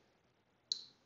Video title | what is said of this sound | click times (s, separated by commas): Take “Leave n Learn” Session 3 Part 1 | okay I'm going to put that one back in place audible click | 0.7 s